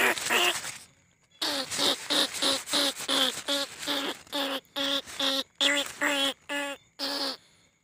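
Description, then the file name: Rice-field rat squeals, a buzzy squeak, a brief pause, then a steady series of buzzy squeaks with clear harmonics, several each second. Lure call recording. "tieng goi chuot dong"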